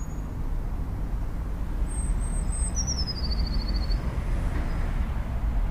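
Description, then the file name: Eurasian blue tit song: a few very high, thin whistled notes, then a fast, slightly falling trill, heard once over a steady low traffic rumble. "blaumeise"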